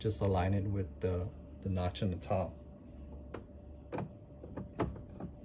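A new water filter cartridge for a Whirlpool refrigerator is lined up with the notch at the top of the filter housing before being pushed in and turned. Someone talks for the first two and a half seconds, then soft handling knocks come at about 3.4, 4.0, 4.6, 4.8, 5.0 and 5.2 seconds. Nothing has seated or clicked yet.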